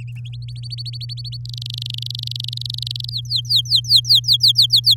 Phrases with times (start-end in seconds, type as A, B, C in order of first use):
0.25-1.37 A, 1.45-3.10 B, 3.11-4.95 C